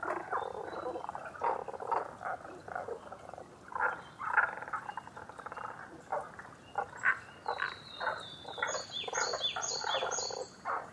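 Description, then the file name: Chorus of Tago's brown frog calls, throaty pulsed croaks repeated continuously, joined in the last few seconds by a bright, varied bird song of high whistled phrases. Recorded 11 June 2010 at 18:05. "tagogaeru 20100611-1805"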